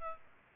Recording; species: mosquito wingbeat signal from an infrared sensor; Aedes aegypti